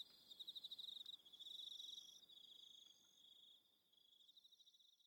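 Cricket song, a continuous shrill pulsed trill with rapid beats, briefly dipping in loudness near the end, with fainter higher tones above.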